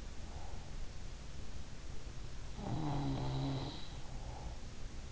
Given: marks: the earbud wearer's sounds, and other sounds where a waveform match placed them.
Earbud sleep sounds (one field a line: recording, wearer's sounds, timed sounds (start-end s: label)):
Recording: sounds in sleep by an in-ear microphone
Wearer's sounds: breath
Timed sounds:
0.00-0.95 s: breath
2.48-3.85 s: sound from someone else or the room
4.04-4.76 s: breath